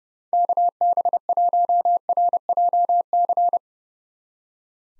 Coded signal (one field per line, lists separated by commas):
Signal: Morse code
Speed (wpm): 29 wpm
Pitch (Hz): 700 Hz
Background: none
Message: KB1RJC